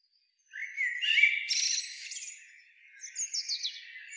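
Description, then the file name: Eurasian blackbird calls begin after a short silence: a rasping, squeaky phrase, then a pause and a quick series of thin, high notes. "Turdus merula"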